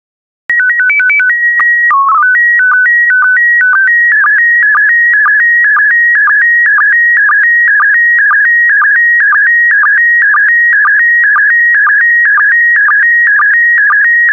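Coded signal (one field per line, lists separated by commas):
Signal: SSTV (slow-scan television)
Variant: PD 120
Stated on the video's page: PD120-mode SSTV transmission of stock photos, software-generated with synthesized audio prompts.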